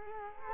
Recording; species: mosquito wingbeat signal from an infrared sensor; Culex quinquefasciatus